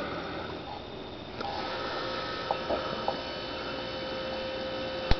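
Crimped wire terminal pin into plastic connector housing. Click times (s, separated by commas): 5.1 s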